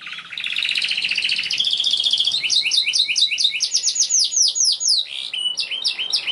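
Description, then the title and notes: Canary song: fast high trills of repeated chirping notes, shifting into sweeping down-slurred phrases, continuous and lively throughout. Young canary; recording used as a long-duration lure and tutor song for training canaries. "Pancingan Kenari Muda Durasi Panjang. masteran kenari"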